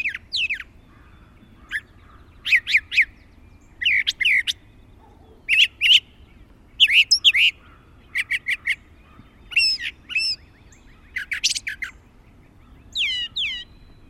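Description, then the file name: Brown thrasher singing a lively sequence of varied phrases, harsh notes and slurred whistles mostly given twice each. "suara-kicauan-brown-thrasher 5-omkicau"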